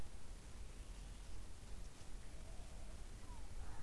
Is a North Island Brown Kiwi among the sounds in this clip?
no